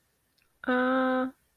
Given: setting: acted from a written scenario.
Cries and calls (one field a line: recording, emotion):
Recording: vocal sound without words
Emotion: confusion